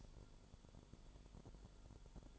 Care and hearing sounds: daily activity, microphone in the room; light off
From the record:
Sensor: 5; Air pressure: 1008.0 hPa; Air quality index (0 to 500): 102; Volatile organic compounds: 1 ppm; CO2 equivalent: 792 ppm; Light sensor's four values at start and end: 36/85/35/35 and 36/83/34/34

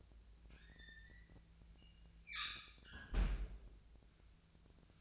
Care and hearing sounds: daily activity, microphone in the room; close fridge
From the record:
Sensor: 2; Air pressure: 1009.5 hPa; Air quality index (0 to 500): 184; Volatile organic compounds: 11 ppm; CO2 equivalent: 2297 ppm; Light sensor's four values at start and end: 26/63/27/30 and 26/62/27/29

